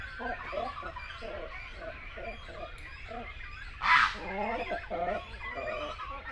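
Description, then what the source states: Great cormorant colony calls: guttural, croaking notes in short stuttering bursts from several birds, with a loud harsh squawk near the middle and a steady background hum. Continental subspecies; sounds from a colony.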